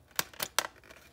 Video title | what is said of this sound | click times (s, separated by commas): Showcase & Setup - Shell Throw MP5K Gel Ball Blaster | you feel it click in. It's clicked in over here. It's not going anywhere. | 0.6 s